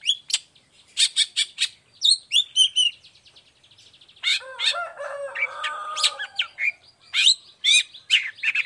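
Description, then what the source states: Long-tailed shrike song: a fast run of sharp, high chirps and chattering notes, then a harsher, buzzy rattling passage and more quick, varied whistled phrases. Chatty (gacor) long-tailed shrike singing in the morning with the 'toet toet' variation; clear voice, full variation, easy for any shrike to imitate.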